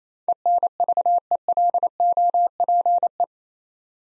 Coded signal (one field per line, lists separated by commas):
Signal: Morse code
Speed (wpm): 27 wpm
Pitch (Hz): 700 Hz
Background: none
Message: ENVELOPE